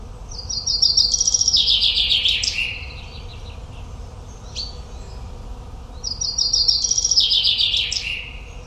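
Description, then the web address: Common chaffinch song: two bright, rapid descending trills, each ending in a short flourish, about six seconds apart, with a faint chirp between them. "Deverinetal"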